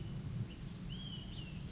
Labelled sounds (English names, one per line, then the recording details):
Olive-sided Flycatcher
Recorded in Sonoma County, California